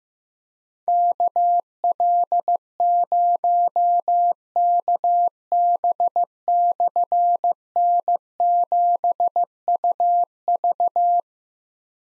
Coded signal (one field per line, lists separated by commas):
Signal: Morse code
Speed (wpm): 15 wpm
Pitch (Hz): 700 Hz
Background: none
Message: KL0KB/N7UV